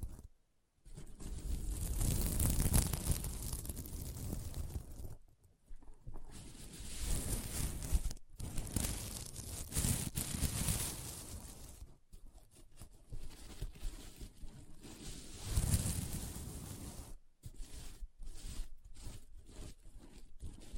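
Fingers scratch across a sequin mermaid pillow in bursts of dense, gritty rasping, each stroke lasting a few seconds with swells around 2.5, 10 and 16 seconds. Short silent gaps break the runs, near 5, 8, 12 and 17 seconds, and the last stretch turns choppier with quick, separate scrapes.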